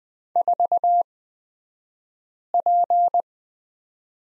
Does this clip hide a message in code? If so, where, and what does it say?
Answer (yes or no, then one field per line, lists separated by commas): yes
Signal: Morse code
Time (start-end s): 0.4-3.2 s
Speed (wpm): 20 wpm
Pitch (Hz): 700 Hz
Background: none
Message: 4P